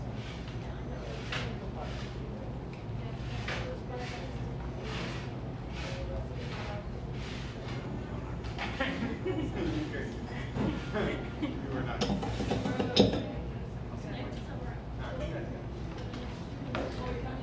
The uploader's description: a buzzing coffee shop